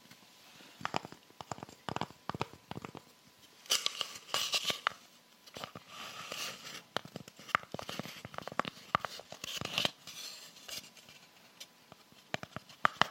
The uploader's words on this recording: ASMR Tapping With Rhinestone Fingers.